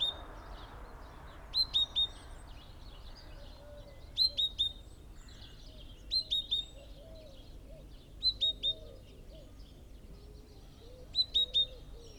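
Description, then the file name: Great tit calls: short high notes in quick groups of three, repeated every two to three seconds, with soft lower warbling notes underneath. "Parus major"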